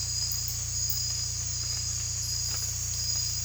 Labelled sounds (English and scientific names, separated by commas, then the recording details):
none
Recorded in dense forest near Puerto Asís, Putumayo, Colombia, on 18 December 2024 at 02:00
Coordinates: 0.467, -76.328
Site GP05